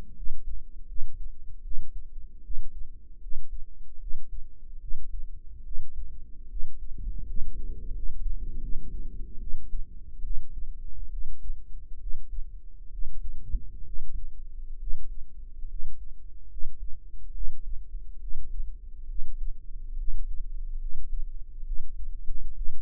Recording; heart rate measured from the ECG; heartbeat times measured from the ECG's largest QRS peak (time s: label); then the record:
heart sounds by microphone in the right ear; 72 bpm
0.14 s: heartbeat
0.87 s: heartbeat
1.62 s: heartbeat
2.42 s: heartbeat
3.20 s: heartbeat
3.98 s: heartbeat
4.79 s: heartbeat
5.63 s: heartbeat
6.48 s: heartbeat
7.25 s: heartbeat
7.92 s: heartbeat
8.60 s: heartbeat
9.38 s: heartbeat
10.21 s: heartbeat
11.09 s: heartbeat
11.98 s: heartbeat
12.90 s: heartbeat
13.84 s: heartbeat
14.77 s: heartbeat
15.67 s: heartbeat
16.48 s: heartbeat
17.32 s: heartbeat
18.18 s: heartbeat
19.06 s: heartbeat
19.96 s: heartbeat
20.78 s: heartbeat
21.63 s: heartbeat
22.53 s: heartbeat
From the record:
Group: healthy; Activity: rest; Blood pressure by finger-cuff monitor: 108/70 mmHg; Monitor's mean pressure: 82 mmHg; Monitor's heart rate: 74 bpm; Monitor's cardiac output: 6 L/min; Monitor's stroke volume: 78 mL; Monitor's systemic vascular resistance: 1010 dyn s/cm5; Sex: female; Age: 22 years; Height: 160 cm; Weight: 45 kg